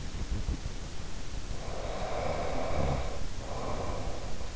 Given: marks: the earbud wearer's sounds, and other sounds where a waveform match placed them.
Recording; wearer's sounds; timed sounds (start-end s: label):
sounds in sleep by an in-ear microphone; snoring breath
1.61-4.54 s: snoring breath